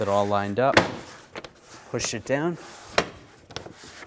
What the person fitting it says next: just snaps in place.